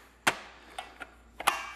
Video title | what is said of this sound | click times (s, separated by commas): Greenworks 80V Leaf Blower - Unboxing and Review - ANY GOOD? | So this just slides in, snaps into place. Very good. | 0.3 s, 1.5 s